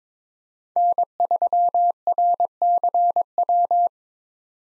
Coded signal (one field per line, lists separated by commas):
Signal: Morse code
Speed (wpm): 22 wpm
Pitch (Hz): 700 Hz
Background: none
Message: N3RCW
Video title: 2023 POTA Hunter Call Signs - 22wpm